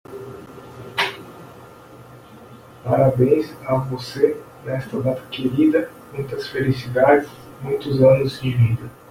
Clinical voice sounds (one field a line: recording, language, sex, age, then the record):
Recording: short text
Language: Brazilian Portuguese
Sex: male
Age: 30 to 39 years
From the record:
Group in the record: control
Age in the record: 33 years